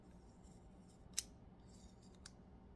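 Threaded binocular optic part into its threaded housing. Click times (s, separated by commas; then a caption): 1.2 s, 2.3 s. A fine-threaded optic part of a pair of Zeiss binoculars is turned backwards against the mating thread of its housing, so the thread start drops into place before it is screwed in, which avoids cross-threading. Against a steady low background hiss, a sharp, bright snap sounds at 1.2 seconds and a fainter one at 2.3 seconds as the thread start seats.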